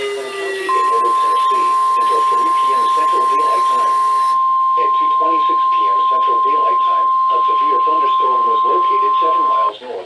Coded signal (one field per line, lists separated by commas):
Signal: Emergency Alert System (SAME) tones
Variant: 1050 Hz attention tone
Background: speech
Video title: NOAA Radio (EAS # 385-395) Alerts From 6/22/18